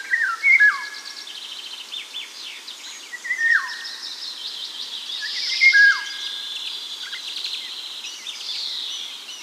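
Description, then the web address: Eurasian golden oriole song: mellow whistled phrases with a rising then sharply falling end, repeated three times about every two to three seconds over high chattering of other birds. Recorded at Sjöbacken on 14 June 2008. "sjobacken ljud oriole"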